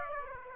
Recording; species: mosquito wingbeat signal from an infrared sensor; Aedes aegypti